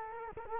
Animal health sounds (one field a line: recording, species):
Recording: mosquito wingbeat signal from an infrared sensor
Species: Culex quinquefasciatus